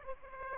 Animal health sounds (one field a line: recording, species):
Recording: mosquito wingbeat signal from an infrared sensor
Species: Aedes aegypti